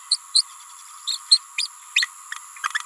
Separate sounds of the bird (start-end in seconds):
0.10-0.17, 0.34-0.44, 1.06-1.18, 1.30-1.39, 1.57-1.67, 1.95-2.06